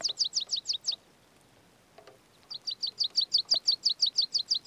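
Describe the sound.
Meadow pipit song: a quick series of thin, high, sharply repeated notes, a short pause, then a longer rhythmic run of the same squeaky notes.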